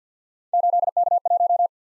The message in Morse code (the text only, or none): 8K1